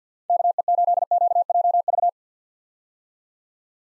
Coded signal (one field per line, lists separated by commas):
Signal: Morse code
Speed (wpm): 50 wpm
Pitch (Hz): 700 Hz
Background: none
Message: KE8QJV